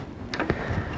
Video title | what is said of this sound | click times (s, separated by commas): ECCO B-Vent installation tutorial | should just snap into place | 0.3 s, 0.5 s